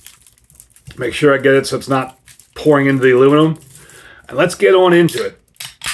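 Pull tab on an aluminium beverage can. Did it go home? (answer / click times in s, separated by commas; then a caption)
released / 5.6 s. A foil-wrapped aluminium beer can is handled with crinkling and rustling while someone talks. At 5.6 s the ring pull tab is pulled and the seal breaks with a sharp crack, and the tab pops open.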